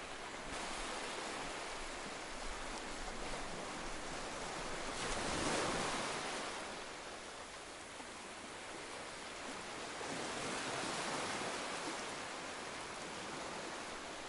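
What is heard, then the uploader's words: Waves wash onto a beach in a steady, hissing roar, swelling to a brighter, louder surge around five to six seconds and again near eleven. Between the breaks the rush of water settles into a continuous soft wash. No gull cries stand out. The waves gently lap against the shore.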